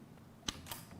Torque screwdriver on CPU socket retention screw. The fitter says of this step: click on that one